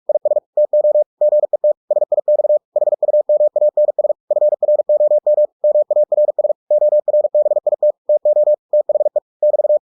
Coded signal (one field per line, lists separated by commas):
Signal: Morse code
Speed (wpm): 46 wpm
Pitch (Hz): 600 Hz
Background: none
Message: IS TO GET SIX HUMANS FROM MARS ORBIT TO THE <BT>